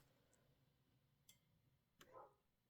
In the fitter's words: You want to hear that click? That means you've got the projector.